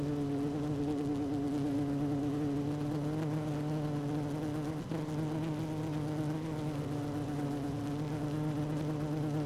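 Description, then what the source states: Honey bees humming in a hive, a steady low drone with harmonic layers, interrupted by a brief soft knock near the middle. Queen bee in hive 1, recorded 12 June 2018 at 16:30.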